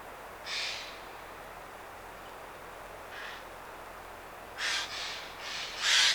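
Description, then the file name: Eurasian jay giving harsh rasping screeches: two spaced out earlier, then a cluster of louder bursts near the end. "Garrulus glandarius"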